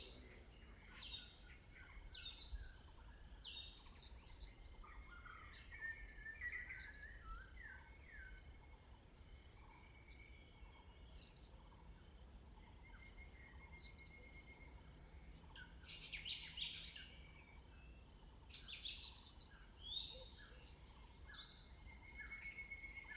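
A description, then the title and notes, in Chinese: Forest ambience in the lazy mountain woods, filled with dense, overlapping bird chirps and trills that carry on throughout without pause. A steady low rumble sits underneath, with a faint insect buzz, and birdsong grows busier and louder after about fifteen seconds. 懶山林環境音。早晨。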